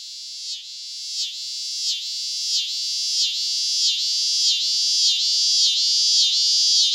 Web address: The Songs of Insects. Scissor-grinder Cicada